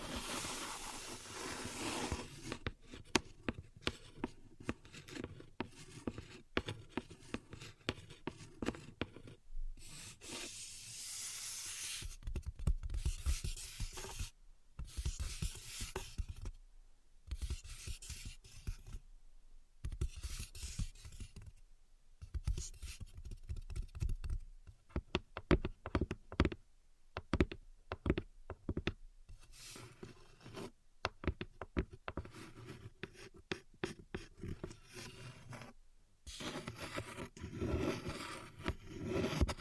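Tapping and scratching on a surface, with dense scratchy strokes near the start and runs of quick, irregular taps filling most of the clip. Short silent breaks fall around 10, 15, 20 and 36 seconds. The sharpest, most separated taps cluster between 25 and 35 seconds.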